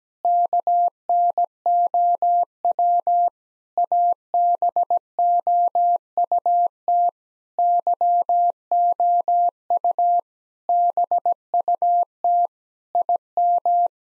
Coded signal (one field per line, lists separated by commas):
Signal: Morse code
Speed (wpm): 17 wpm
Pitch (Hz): 700 Hz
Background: none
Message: KNOW ABOUT YOU BUT IM